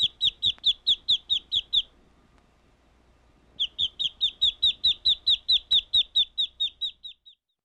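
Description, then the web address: Bird giving loud, even high chirps in a fast regular series, a brief silent gap of under two seconds, then a longer run of the same notes. "Звуки природы - птицы"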